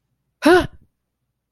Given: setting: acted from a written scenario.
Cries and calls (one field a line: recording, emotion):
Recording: vocal sound without words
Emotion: fear